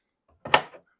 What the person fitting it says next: Locks in place, folds down, and allows easy access.